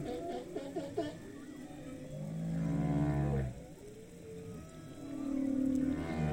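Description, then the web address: Humpback whale song: a quick series of pulsed, wavering notes, then two long, low, cow-like moans separated by a pause. Binaural ocean sound, heard first above the water surface and then below it. "3 D-Binaural Audio - the future of audio Ocean - Humpback whale"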